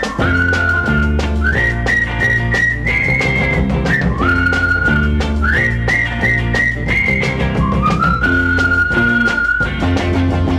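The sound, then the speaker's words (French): A bright whistled tune, a call a boy whistles in the street to hail a friend, carries a simple melody of held notes that step up and down, playing over a steady instrumental backing with bass and a regular rhythm, and no talking. “Quand un garçon dans la rue rencontre un de ses copains, on lui siffle un petit air qu'il connaît plus ou moins bien.”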